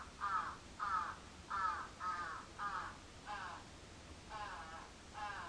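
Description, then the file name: Crow giving a run of eight harsh caws, each roughly half a second long, against faint background noise. Recorded 14 July 2022 at 06:37. "karasu-in 220714 0637"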